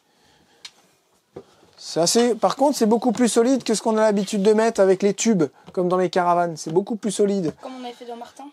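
A table leg is pushed into its floor mount in a bus converted into a camper, giving a sharp click at 0.6 s as it seats, followed by a softer knock at 1.4 s. Then someone talks.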